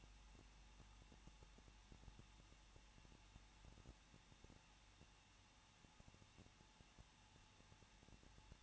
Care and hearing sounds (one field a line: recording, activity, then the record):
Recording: daily activity, microphone in the room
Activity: no activity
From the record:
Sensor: 1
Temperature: 20.1 degrees Celsius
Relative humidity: 39.2%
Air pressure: 1006.3 hPa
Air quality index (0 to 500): 218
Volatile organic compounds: 77 ppm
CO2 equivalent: 3580 ppm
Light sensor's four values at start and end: 1/2/1/1 and 1/2/1/1